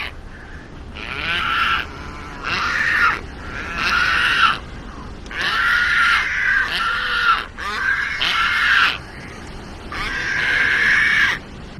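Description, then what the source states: Brown pelican nestling calls: harsh, rasping hisses in several repeated bursts, uneven in timing. Nestlings in nests on a beach beside a seabird sanctuary in Florida; sound described as unsettling yet adorable, suited to horror-film sound design.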